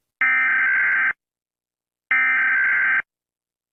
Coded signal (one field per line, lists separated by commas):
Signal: Emergency Alert System (SAME) tones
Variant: header bursts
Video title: Reacting To Animated EAS Alarm